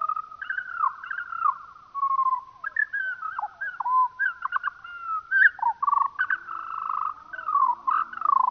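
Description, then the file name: Eurasian skylark song at reduced speed: an unbroken, rambling stream of trills, chirps and slurred whistles that rise and fall. Played slowed down. "skylark slowed down"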